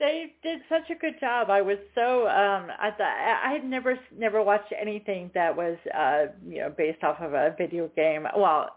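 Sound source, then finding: Adult woman. Normal speech.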